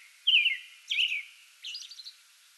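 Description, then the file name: American robin singing three short phrases, two rich descending whistles followed by a higher, thinner warbled note. Pre-dawn song bout, 8 May 2022. "2022-05-08 American Robin pre-dawn song bout"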